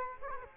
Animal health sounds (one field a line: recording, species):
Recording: mosquito wingbeat signal from an infrared sensor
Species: Culex quinquefasciatus